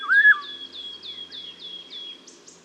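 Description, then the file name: Eurasian golden oriole giving one short, rich fluted whistle at the start, followed by a series of thin, high repeated notes from another bird. "Mathias Ritschard - Obyknovennaya ivolga Oriolus oriolus (Zvyki com)"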